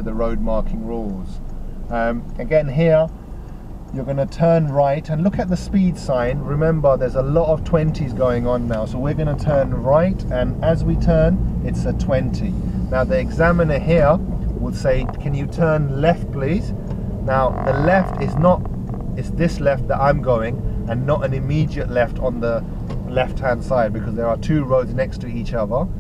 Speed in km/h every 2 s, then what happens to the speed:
3, 2, 5, 11, 16, 18, 18, 23, 23, 18, 18, 18, 13.
3-14 pulls away to 23. 14-26 slows to 13.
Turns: 5-11.